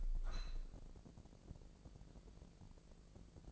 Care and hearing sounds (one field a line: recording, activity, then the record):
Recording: daily activity, microphone in the room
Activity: open window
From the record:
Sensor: 5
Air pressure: 1012.3 hPa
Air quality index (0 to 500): 158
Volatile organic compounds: 2 ppm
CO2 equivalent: 1076 ppm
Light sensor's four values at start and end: 101/244/103/113 and 101/243/102/113